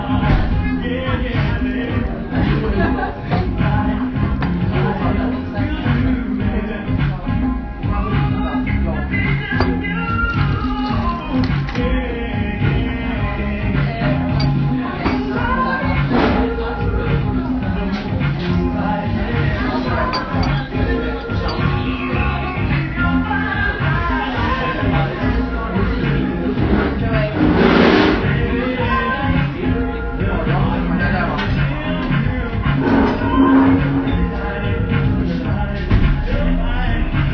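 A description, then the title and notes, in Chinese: Melbourne café ambience with a steady, dense murmur of overlapping voices throughout. Occasional clinks and brief clatters rise out of the chatter, including a louder sweeping sound around the 28-second mark, while the overall level stays even from start to finish. BBB这一家墨尔本咖啡馆。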